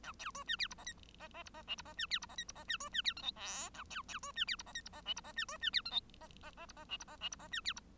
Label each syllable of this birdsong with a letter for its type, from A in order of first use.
A B C D E F G H G G F G I F G D E F G H F G D C D E J K L A B B C D E F G H F G I F G D C D E J K G G G F G I F G I F G D E F